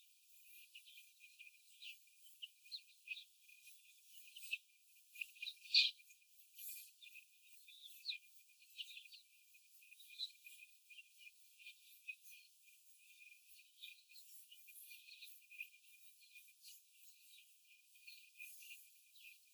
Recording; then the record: young laying hens in a cage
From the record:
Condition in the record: after the stressor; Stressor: simulated dog barking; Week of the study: 4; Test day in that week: 1